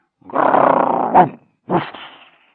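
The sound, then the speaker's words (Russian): A man in a dog costume, on all fours, slips off a carpet onto a hard floor and imitates a dog's growl, muffled through the costume's dog mouth: one long, rough, rumbling snarl that swells and ends in a sharp catch, then a shorter, fading growl after a brief pause. “Случайно соскользнув с ковра и ударившись о твердый пол, он издал собачье рычание.”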